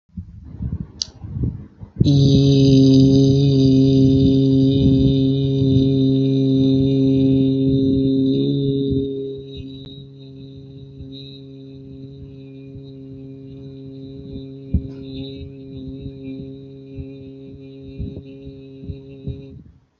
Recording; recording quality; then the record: sustained vowel as in beet; excellent, no background noise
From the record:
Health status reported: healthy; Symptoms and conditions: none ticked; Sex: male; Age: 32 years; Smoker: not ticked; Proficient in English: yes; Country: India